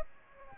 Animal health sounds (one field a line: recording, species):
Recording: mosquito wingbeat signal from an infrared sensor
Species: Aedes aegypti